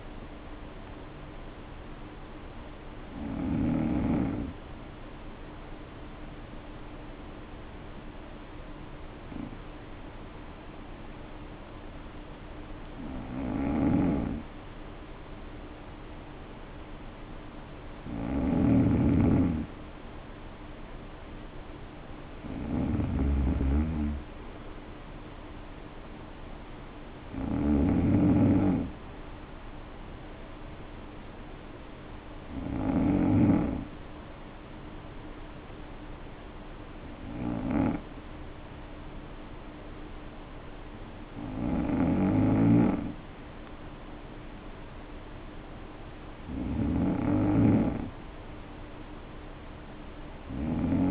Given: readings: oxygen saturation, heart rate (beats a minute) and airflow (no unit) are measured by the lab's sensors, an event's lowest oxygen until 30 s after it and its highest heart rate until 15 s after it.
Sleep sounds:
breathing in sleep by a voice recorder at the bedside; 2
6.00-20.30 s: hypopnea (N2, oxygen 95% highest, then 90% lowest, heart rate 54 at the start, 58 highest)
34.00-46.00 s: hypopnea (N2, oxygen 94% highest, then 91% lowest, heart rate 55 at the start, 58 highest)
From the record:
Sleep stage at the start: N2 (light sleep); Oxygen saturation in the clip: 85 to 95%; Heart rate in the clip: 53 to 58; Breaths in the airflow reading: 10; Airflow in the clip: -6.5 to 5.2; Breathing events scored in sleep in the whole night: 520 in 7.2 hours asleep

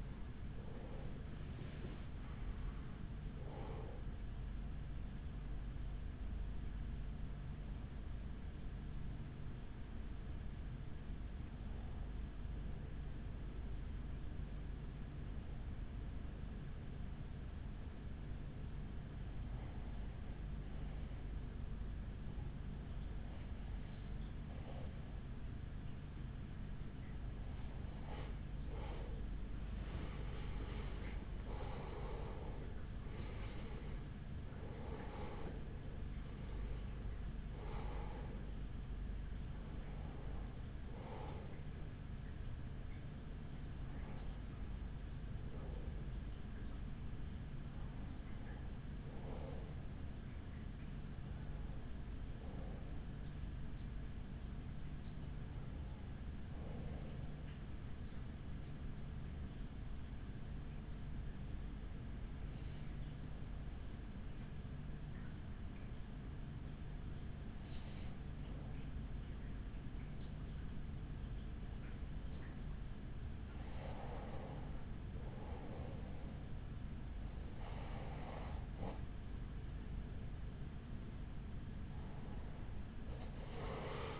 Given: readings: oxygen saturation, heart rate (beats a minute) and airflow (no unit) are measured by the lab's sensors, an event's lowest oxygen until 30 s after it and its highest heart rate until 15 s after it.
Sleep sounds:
breathing in sleep by a smartphone at the bedside; 2
9.00-32.40 s: hypopnea (N1, oxygen 96% highest, then 93% lowest, heart rate 46 at the start, 60 highest)
58.00-76.00 s: hypopnea (N1, oxygen 95% highest, then 91% lowest, heart rate 46 at the start, 52 highest)
From the record:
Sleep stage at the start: N1 (lightest sleep); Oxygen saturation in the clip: 92 to 96%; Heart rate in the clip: 41 to 60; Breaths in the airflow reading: 22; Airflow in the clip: -7.2 to 8.3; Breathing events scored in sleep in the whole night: 207 in 7.6 hours asleep

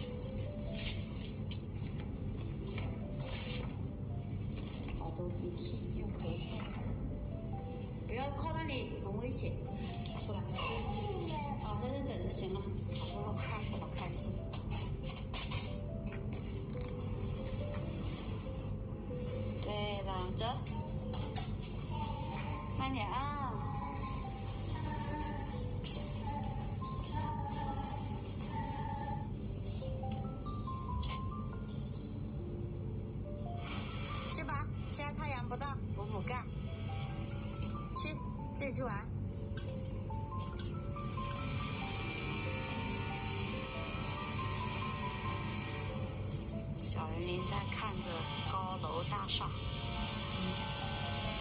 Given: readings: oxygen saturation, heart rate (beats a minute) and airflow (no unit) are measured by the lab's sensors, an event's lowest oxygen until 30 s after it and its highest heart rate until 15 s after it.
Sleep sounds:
a person awake in a sleep study, by a smartphone at the bedside; none
0.00-51.41 s: awake
From the record:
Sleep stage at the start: awake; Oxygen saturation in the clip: 95 to 96%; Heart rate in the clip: 76 to 79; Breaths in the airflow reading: 13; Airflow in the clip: -3.7 to 4.6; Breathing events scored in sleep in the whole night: 131 in 7.2 hours asleep

